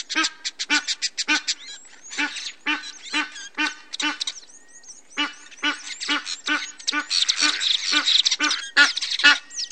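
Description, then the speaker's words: Egyptian goose giving rasping, croaking honks in fast irregular series, growing denser and noisier towards the end. Two pairs in the Große Aue near Holleben, south of Halle, among very old oaks and orchards; introduced African species, croaking while apparently at ease; expected to breed there. "zwei Pärchen Nilgänse tummelten sich dort in der großen Aue zwischen uralten deutschen Eichen und uralten Obsthainen und fühlten sich offenbar ganz wohl und krächzten da so vor sich hin."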